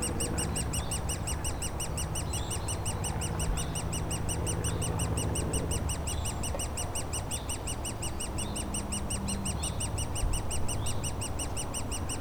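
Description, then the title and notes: Woodpecker nestlings keep up fast, high squeaks throughout, over a heavy low drone of aircraft. Woodpecker nestlings squawking continuously in their cavity at the foot of a dead tree trunk, Bois Saint-Martin near Lognes aerodrome, Noisy-le-Grand, France; light aircraft and airliners overhead; recorded with a DR-40X. "Bois Saint-Martin Noisy-le-Grand, France - Oisillons et gros "volatiles" bruyants. Au pied d'un tronc d'arbre mort, les oisillons d'un pic dans leur cavité piaillent continuellement alors que des avions survolent la zone"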